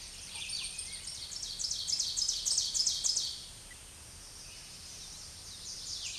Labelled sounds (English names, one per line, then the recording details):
Ovenbird song
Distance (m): 15 m
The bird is about 5 m above the microphone
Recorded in a Pennsylvania forest on 16 May 2024 at 07:11
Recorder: AudioMoth, point MSD-2083
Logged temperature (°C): 16.7 °C
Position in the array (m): 147 m, 6 m